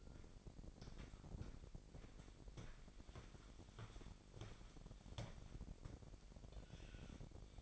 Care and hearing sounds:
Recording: daily activity, microphone in the room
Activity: walk to room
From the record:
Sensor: 5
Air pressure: 1012.3 hPa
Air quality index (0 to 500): 236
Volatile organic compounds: 4 ppm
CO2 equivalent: 1572 ppm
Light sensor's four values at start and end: 55/130/54/57 and 53/124/52/55

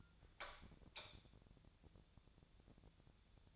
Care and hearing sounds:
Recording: daily activity, microphone in the room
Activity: light on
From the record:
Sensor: 3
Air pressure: 1000.0 hPa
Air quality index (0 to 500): 124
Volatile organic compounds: 2 ppm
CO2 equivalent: 1112 ppm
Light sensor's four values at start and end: 40/102/43/48 and 43/110/47/51

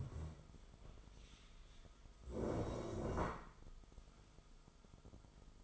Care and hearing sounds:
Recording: daily activity, microphone in the room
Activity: stand up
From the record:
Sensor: 5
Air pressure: 1005.5 hPa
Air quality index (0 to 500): 104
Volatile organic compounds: 2 ppm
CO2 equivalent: 1278 ppm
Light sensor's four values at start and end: 34/78/31/29 and 34/78/31/29

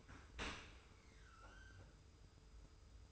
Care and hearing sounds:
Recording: daily activity, microphone in the room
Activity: open dishwasher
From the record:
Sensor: 2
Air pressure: 991.2 hPa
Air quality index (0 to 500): 143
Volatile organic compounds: 293 ppm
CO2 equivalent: 4465 ppm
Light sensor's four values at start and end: 40/115/46/44 and 40/115/46/44

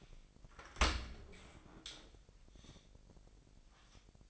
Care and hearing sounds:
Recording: daily activity, microphone in the room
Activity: open dishwasher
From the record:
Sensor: 5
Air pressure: 1000.6 hPa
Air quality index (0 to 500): 248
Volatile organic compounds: 35 ppm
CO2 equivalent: 3053 ppm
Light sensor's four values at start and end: 31/71/29/27 and 31/72/29/27

